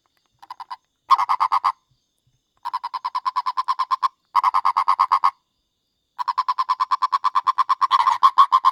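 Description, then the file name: Purple frog calling in bursts of rapid, clucking pulses, bouts lasting from under a second to over two seconds, separated by short silences. Purple frog of India, a fossorial (burrowing) species. "Elusive Purple Frog of India"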